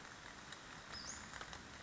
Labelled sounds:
Western Flycatcher (Empidonax difficilis)
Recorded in Sonoma County, California

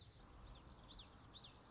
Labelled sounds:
Common Yellowthroat (Geothlypis trichas)
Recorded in Sonoma County, California

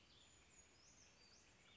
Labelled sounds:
Brown Creeper (Certhia americana)
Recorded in Sonoma County, California

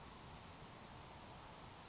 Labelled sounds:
Grasshopper Sparrow (Ammodramus savannarum)
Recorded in Sonoma County, California

